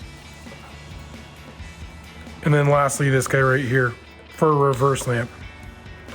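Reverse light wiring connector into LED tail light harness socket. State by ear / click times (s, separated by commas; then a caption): not seated / none. The plastic wiring connector for the reverse light is being handled at the harness socket of a new Morimoto XB LED tail light with a black housing on a 2009-2014 Ford F-150. Someone talks over a low background hum. The connector has not seated or clicked yet.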